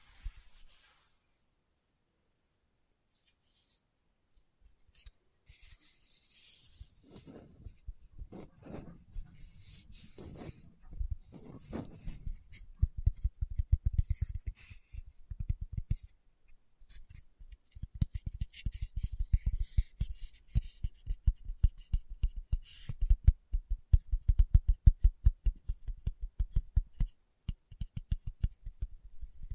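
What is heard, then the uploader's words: Fingertip tapping in a loose, uneven rhythm, starting after a near-silent opening second and a quiet gap, then building into dense, quick runs of soft low thuds from about 12 seconds on. Faint rubbing and light scratchy sounds drift in between the taps. ASMR Tapping with Fingertips (No Talking).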